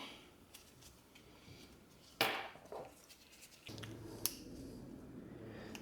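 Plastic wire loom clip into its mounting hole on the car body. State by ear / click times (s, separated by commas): seated / 2.2 s, 4.2 s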